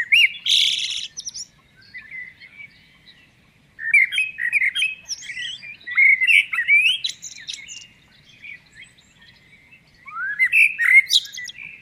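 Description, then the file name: Common blackbird giving three bursts of high, scratchy twittering notes, with quiet gaps of a few seconds between them. "Turdus merula"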